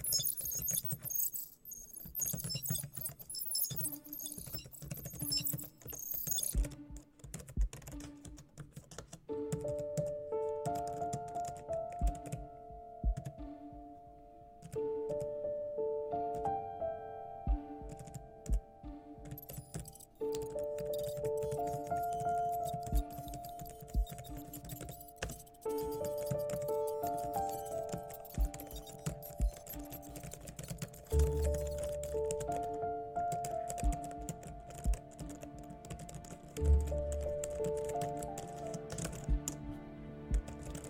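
Hacker room ambience: steady keyboard typing clicks run throughout over a low hum. From about ten seconds, a looping electronic melody of bright pulsing tones enters and keeps repeating, with a hissy burst of noise in the opening seconds.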